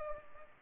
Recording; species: mosquito wingbeat signal from an infrared sensor; Culex pipiens